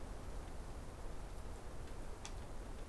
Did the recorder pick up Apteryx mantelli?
no